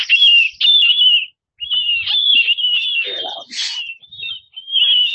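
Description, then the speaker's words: Marbled Murrelet calls, sharp, high keer notes given nearly continuously in strident bursts with short pauses. Played-back recording of the calls. "And I'm going to play a little audio clip of what murrelets sound like."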